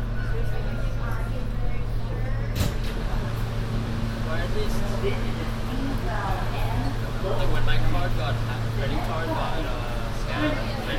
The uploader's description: A binaural field recording on the N train, from 36th street Brooklyn to 42nd street Manhattan.